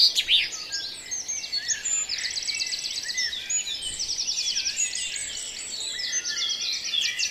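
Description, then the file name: Birds: bird dawn chorus, dense and lively, with rapid repeated trills and bright chirps from several singers overlapping throughout. "Reveil des oiseaux La Sonotheque"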